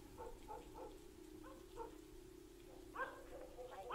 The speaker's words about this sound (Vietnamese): Con chó như không quan tâm đến lời chủ, cứ thế mà sủa. Anh Khiêm đóng cánh cổng lại đi vào nhà. Thế mà con chó nó cứ đứng ở cửa bếp, nó cứ nhấm nhằng sủa.